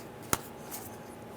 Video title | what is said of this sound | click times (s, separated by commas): How to Replace AT Wire Harness Connector 2005-2010 Chrysler 300 | and lock it into place push it up and you'll feel it snap into place you're all set when | 0.3 s